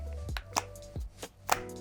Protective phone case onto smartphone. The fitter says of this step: this is going to give you a really nice satisfying click when you place it onto your phone and it's not going anywhere this thing is very very sturdy